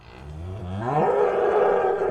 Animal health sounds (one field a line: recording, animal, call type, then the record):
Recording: contact call of a hoofed animal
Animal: cattle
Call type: low-frequency (closed-mouth) or high-frequency (open-mouth) call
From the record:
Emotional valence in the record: negative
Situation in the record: full separation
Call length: 2.2 s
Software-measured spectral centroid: 970 Hz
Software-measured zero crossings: 1100 a second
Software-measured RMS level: -23 dBFS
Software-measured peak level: -8 dBFS